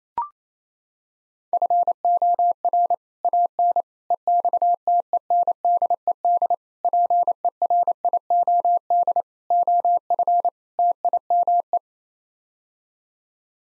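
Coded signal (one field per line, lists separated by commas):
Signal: Morse code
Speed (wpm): 27 wpm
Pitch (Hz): 700 Hz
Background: none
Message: FOR AN EXTENDED PERIOD OF TIME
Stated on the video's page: Morse code head-copy practice of six-word sets at 28 wpm, each set sent, spoken, then sent again.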